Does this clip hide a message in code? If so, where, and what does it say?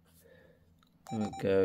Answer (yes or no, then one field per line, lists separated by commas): no